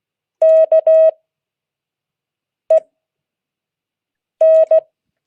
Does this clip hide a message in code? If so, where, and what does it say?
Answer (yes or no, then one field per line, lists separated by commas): yes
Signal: Morse code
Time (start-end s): 0.4-4.8 s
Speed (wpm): 16 wpm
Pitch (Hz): 640 Hz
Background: none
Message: KEN